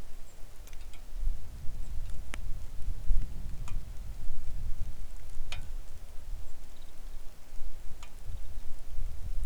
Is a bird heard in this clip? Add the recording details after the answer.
yes. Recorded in the Arctic National Wildlife Refuge, Alaska, on 3 August 2019 at 09:57. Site 41